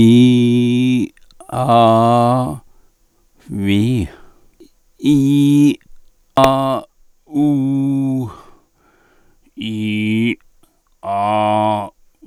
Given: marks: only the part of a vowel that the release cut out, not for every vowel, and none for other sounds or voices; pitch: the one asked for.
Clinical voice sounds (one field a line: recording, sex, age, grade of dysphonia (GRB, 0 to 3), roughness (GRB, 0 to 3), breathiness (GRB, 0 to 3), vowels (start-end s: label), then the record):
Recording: sustained vowels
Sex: male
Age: 60 to 69 years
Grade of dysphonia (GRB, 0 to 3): 1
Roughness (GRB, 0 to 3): 1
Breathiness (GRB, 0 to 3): 1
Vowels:
0.00-0.84 s: vowel /i/, normal pitch
1.75-2.33 s: vowel /a/, normal pitch
5.11-5.62 s: vowel /i/, high pitch
7.42-8.11 s: vowel /u/, high pitch
9.71-10.26 s: vowel /i/, low pitch
11.17-11.74 s: vowel /a/, low pitch
From the record:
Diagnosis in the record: dysarthrophonia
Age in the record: 66 years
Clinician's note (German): Restsymptomatik bei zentral laryngaler Bewegungsstörung